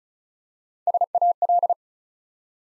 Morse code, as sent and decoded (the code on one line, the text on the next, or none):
... .- .-..
SAL